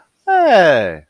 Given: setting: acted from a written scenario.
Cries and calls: vocal sound without words; positive surprise

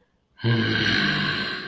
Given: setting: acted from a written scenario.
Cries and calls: vocal sound without words; anger

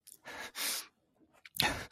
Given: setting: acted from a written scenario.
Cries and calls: vocal sound without words; distress

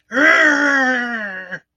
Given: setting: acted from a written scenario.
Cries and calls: vocal sound without words; anger

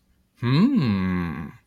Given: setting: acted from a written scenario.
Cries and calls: vocal sound without words; desire

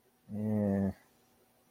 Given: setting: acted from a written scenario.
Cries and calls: vocal sound without words; neutral

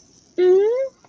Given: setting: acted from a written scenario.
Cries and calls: vocal sound without words; adoration

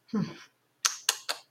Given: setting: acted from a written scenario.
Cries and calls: vocal sound without words; disappointment

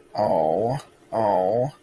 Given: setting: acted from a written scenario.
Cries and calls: vocal sound without words; distress

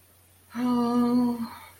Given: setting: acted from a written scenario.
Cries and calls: vocal sound without words; embarrassment

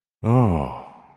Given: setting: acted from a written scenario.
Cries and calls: vocal sound without words; romantic love

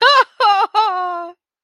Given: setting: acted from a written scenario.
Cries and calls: vocal sound without words; triumph

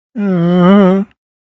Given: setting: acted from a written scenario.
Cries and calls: vocal sound without words; guilt

